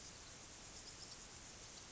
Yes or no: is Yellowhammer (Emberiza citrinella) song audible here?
no